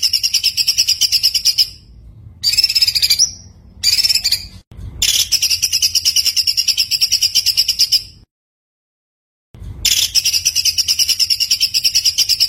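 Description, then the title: White-eye song: busy, very high twittering in repeated bursts with short stops and one longer silence, a low hum beneath. Continuous singing (gacor) with full shooting song (tembakan), used as masteran for tutoring other songbirds. "Masteran Burung Pleci Gacor Full Tembakan"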